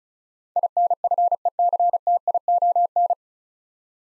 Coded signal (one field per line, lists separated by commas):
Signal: Morse code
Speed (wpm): 36 wpm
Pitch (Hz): 700 Hz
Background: none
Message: INFECTION